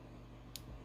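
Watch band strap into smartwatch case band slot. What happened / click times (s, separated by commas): The watch band strap clicked into the case slot / 0.6 s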